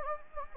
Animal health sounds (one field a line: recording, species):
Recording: mosquito wingbeat signal from an infrared sensor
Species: Anopheles gambiae